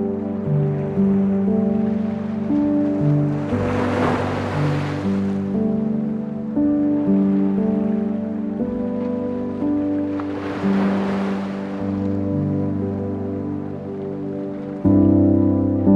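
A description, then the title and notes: Slow piano music plays steadily, with low, sustained chords changing every couple of seconds. Two soft ocean waves swell and wash through around four and eleven seconds, adding a gentle hiss. The playing grows slightly louder near the end. Relaxing Piano Music - Calm Ocean. Soothing piano music with gentle ocean waves.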